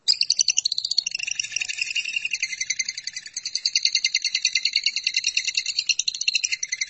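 Lovebird chattering song, a long unbroken run of rapid, squeaky, buzzy pulses, high-pitched and sustained for the whole seven seconds without a pause.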